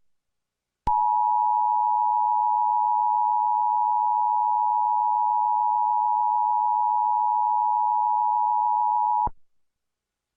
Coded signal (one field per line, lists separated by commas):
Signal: Emergency Alert System (SAME) tones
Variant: 853 and 960 Hz attention tone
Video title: Eas tornado warning during inquisitormaster